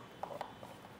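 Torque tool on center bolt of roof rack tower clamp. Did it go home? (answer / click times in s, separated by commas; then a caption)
yes / 0.2 s, 0.4 s. The supplied torque tool tightens the center bolt on a Yakima CoreBar roof rack tower clamp down against the crossbar on a 2023 Ford Bronco Sport. Two sharp clicks sound at 0.2 s and 0.4 s over a quiet background, and the tool clicks at its setting, confirming the bolt is torqued.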